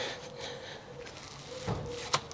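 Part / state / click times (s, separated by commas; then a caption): fuel line quick-connector onto outboard engine fuel inlet / seated / 2.1 s. A fuel line quick-connector is pushed onto the fuel inlet of an outboard motor after the fuel is found missing. A sharp click at 2.1 s marks the connector seating, with a fainter tick just after and a steady low hum throughout.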